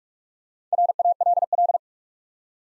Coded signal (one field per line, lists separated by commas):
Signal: Morse code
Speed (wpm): 48 wpm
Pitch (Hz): 700 Hz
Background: none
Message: RALL